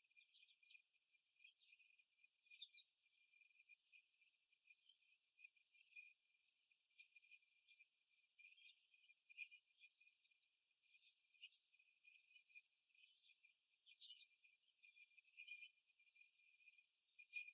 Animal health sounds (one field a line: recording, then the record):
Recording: young laying hens in a cage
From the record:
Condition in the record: after the stressor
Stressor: simulated dog barking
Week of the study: 1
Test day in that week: 2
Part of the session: 1